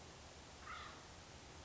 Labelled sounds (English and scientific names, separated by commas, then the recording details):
Acorn Woodpecker (Melanerpes formicivorus)
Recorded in Sonoma County, California